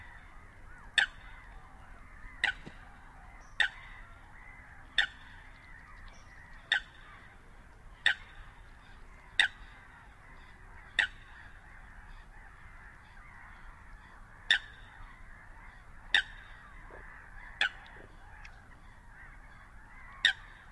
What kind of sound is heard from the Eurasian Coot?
call